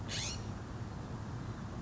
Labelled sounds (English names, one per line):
California Scrub-Jay